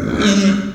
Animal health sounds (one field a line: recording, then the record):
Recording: squeal of a Yucatan mini pig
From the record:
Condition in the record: after surgery on the right vocal fold (resection and tissue-engineered implant)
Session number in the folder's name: 9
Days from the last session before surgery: 65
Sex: female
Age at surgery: 19 weeks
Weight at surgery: 25 kg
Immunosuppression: prednisolone